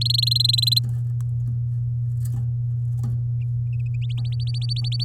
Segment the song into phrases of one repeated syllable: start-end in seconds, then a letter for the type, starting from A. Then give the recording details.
0.01-0.79 A, 4.25-5.04 B. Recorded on 10 May 2018 at 14:13. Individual llb16